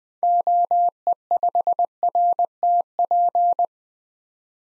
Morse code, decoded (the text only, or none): OE5RTP